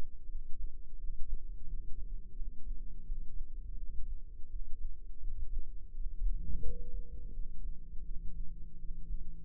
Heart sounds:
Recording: heart sounds by microphone in the left ear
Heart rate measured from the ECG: 85 bpm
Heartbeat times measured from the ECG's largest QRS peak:
0.26 s: heartbeat
0.95 s: heartbeat
1.64 s: heartbeat
2.33 s: heartbeat
3.03 s: heartbeat
3.74 s: heartbeat
4.47 s: heartbeat
5.19 s: heartbeat
5.91 s: heartbeat
6.61 s: heartbeat
7.30 s: heartbeat
8.02 s: heartbeat
8.76 s: heartbeat
From the record:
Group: healthy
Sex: female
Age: 51 years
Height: 162 cm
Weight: 70.04 kg

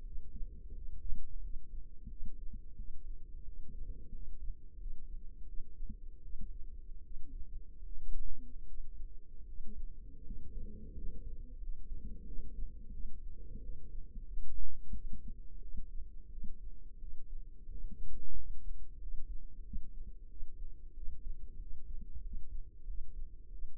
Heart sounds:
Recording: heart sounds by microphone in the left ear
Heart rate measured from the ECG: 87 bpm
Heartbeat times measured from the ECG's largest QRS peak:
0.01 s: heartbeat
0.72 s: heartbeat
1.39 s: heartbeat
2.07 s: heartbeat
2.74 s: heartbeat
3.43 s: heartbeat
4.10 s: heartbeat
4.76 s: heartbeat
5.43 s: heartbeat
6.20 s: heartbeat
7.01 s: heartbeat
7.81 s: heartbeat
8.64 s: heartbeat
9.44 s: heartbeat
10.22 s: heartbeat
10.92 s: heartbeat
11.57 s: heartbeat
12.23 s: heartbeat
12.90 s: heartbeat
13.59 s: heartbeat
14.25 s: heartbeat
14.91 s: heartbeat
15.59 s: heartbeat
16.28 s: heartbeat
16.97 s: heartbeat
17.66 s: heartbeat
18.33 s: heartbeat
18.97 s: heartbeat
19.62 s: heartbeat
20.27 s: heartbeat
20.92 s: heartbeat
21.57 s: heartbeat
22.21 s: heartbeat
22.84 s: heartbeat
23.49 s: heartbeat
From the record:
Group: healthy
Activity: cold pressor test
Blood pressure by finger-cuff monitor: 89/60 mmHg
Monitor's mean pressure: 70 mmHg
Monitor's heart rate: 88 bpm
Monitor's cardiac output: 6.8 L/min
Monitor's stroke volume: 80 mL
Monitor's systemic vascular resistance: 710 dyn s/cm5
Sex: female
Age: 22 years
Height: 163 cm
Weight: 67.1 kg

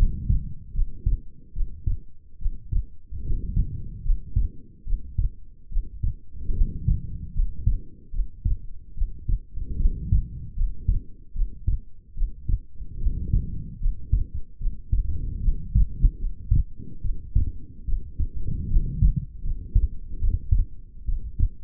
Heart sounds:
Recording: heart sounds by stethoscope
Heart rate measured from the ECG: 74 bpm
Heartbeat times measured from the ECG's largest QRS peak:
0.73 s: heartbeat
1.53 s: heartbeat
2.38 s: heartbeat
3.22 s: heartbeat
4.03 s: heartbeat
4.84 s: heartbeat
5.69 s: heartbeat
6.53 s: heartbeat
7.33 s: heartbeat
8.11 s: heartbeat
8.94 s: heartbeat
9.77 s: heartbeat
10.55 s: heartbeat
11.33 s: heartbeat
12.14 s: heartbeat
12.98 s: heartbeat
13.79 s: heartbeat
14.58 s: heartbeat
15.41 s: heartbeat
16.18 s: heartbeat
17.01 s: heartbeat
17.84 s: heartbeat
18.68 s: heartbeat
19.42 s: heartbeat
20.19 s: heartbeat
21.04 s: heartbeat
From the record:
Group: healthy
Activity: rest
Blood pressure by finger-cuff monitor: 100/66 mmHg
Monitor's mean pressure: 78 mmHg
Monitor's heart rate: 73 bpm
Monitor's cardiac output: 6.5 L/min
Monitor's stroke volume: 88 mL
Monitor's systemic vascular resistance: 880 dyn s/cm5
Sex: female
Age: 22 years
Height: 160 cm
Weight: 45 kg

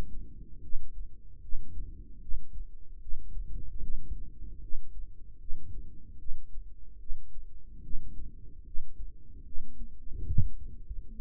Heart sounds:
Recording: heart sounds by microphone in the right ear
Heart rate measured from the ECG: 74 bpm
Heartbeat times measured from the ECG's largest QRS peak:
0.62 s: heartbeat
1.42 s: heartbeat
2.21 s: heartbeat
3.01 s: heartbeat
3.82 s: heartbeat
4.61 s: heartbeat
5.39 s: heartbeat
6.19 s: heartbeat
7.00 s: heartbeat
7.83 s: heartbeat
8.65 s: heartbeat
9.45 s: heartbeat
10.27 s: heartbeat
11.11 s: heartbeat
From the record:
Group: healthy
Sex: male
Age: 55 years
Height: 167 cm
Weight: 57.2 kg

